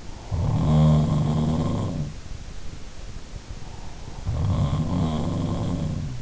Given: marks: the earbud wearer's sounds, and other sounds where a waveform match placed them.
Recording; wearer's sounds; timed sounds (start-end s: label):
sounds in sleep by an in-ear microphone; breath
0.00-2.44 s: sound from someone else or the room
3.29-4.62 s: breath
4.19-6.22 s: sound from someone else or the room